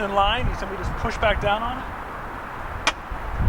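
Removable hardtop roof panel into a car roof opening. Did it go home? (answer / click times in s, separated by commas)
yes / 2.9 s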